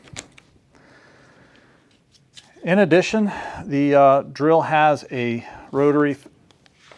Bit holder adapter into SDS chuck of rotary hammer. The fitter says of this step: great feature of STS Chuck is you can just push it in it's going to lock in place and not come out until I take it off